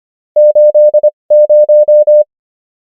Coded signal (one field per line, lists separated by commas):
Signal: Morse code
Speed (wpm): 25 wpm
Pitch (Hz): 600 Hz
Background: none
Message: 80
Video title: morse code practice | 25wpm | 21fw | numbers | ENGLISH